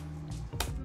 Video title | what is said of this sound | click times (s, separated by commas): Building My First Gaming PC with No Experience [Budget] | and I'll set this up by pushing down the second and the fourth slot going to be a little hard but you no what soon when you hear a snap | 0.6 s